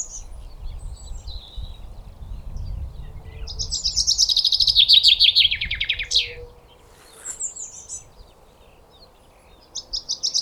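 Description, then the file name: Common chaffinch sings a rattling, downward-sliding phrase, then gives thin high calls and starts another phrase, over low rumbling background noise. "Fringilla coelebs"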